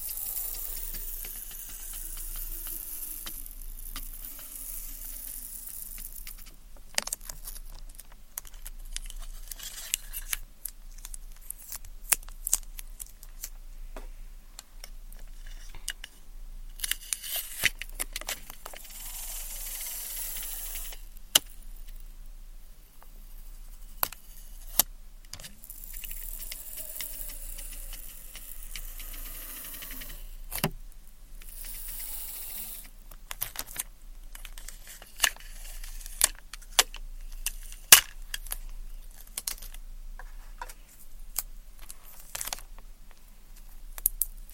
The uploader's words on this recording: ASMR Tingly Tascam Triggers Ear Cleaning, Tweezers, Sticky Sounds, Spray Bottle (No Talking).